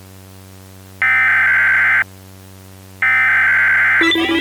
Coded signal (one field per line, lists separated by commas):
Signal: Emergency Alert System (SAME) tones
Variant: header bursts